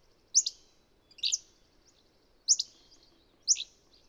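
Birdsong made of loud, high, slurred chirps that drop in pitch, four phrases spaced roughly a second apart, each trailing into faint twitters.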